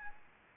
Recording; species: mosquito wingbeat signal from an infrared sensor; Anopheles arabiensis